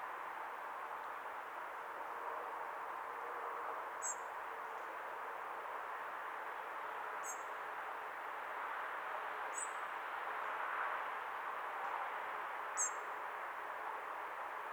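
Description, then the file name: Common blackbird uttering faint, high, thin calls at irregular intervals of a few seconds, four or five in all, over a steady background hiss. "Turdus merula"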